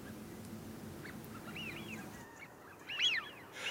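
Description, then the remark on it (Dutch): A flock of Eurasian wigeon gathered together on an open stretch of water amid ice in a polder near Ouddorp in winter, calling with repeated high, rising-and-falling whistles over a steady low murmur of many birds, the whistles overlapping and growing louder toward the end. “En dit is een mooie plak smiente, zoals je dat dan zegt.”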